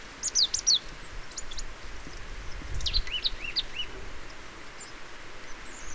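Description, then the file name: Marsh tit giving bright, steeply falling high notes, then a run of sharp notes with lower arched notes, over a brief low rumble and steady hiss. "Poecile palustris"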